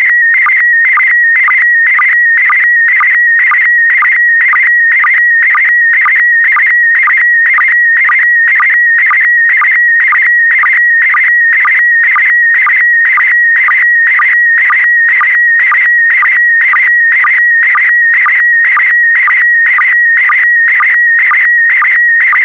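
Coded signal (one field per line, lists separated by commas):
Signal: SSTV (slow-scan television)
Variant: PD120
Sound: steady warbling whistle near 2 kHz with a short low blip about twice a second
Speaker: complete you can now check your decoded image against the picture that is shown on the video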